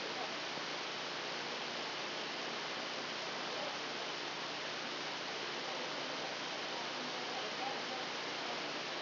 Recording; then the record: brain microelectrode recording played as sound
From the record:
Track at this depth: outside the subthalamic nucleus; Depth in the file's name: 1.313 mm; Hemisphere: left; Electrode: 2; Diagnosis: Parkinson's disease